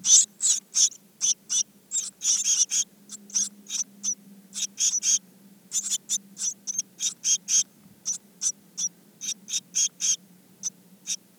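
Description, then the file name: Eurasian blue tit giving a fast series of short high-pitched notes, several per second, over a low background hum. "Cyanistes caeruleus"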